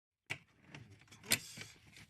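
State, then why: Released. A fuel pump removal tool seated in the notches of the fuel pump locking ring, in the fuel tank opening of an Audi C5 A6/Allroad, is turned counterclockwise. A sharp snap at 0.3 s marks the lock ring snapping loose, followed by scraping and rustling and another sharp hit at 1.3 s. The ring is released and the pump unit is ready to come out of the tank.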